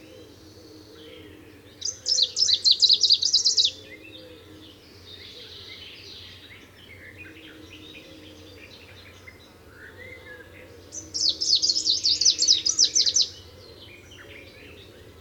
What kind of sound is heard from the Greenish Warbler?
song